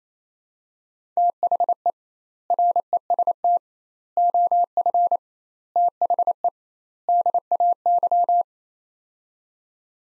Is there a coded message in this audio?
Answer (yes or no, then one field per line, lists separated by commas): yes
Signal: Morse code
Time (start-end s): 1.2-8.4 s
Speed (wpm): 28 wpm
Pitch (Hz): 700 Hz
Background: none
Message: THE REST OF THE DAY